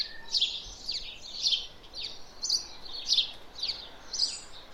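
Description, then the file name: House sparrow chirping, short downward-slurred cheeps repeated in an uneven series over a faint background hiss. "Passer domesticus"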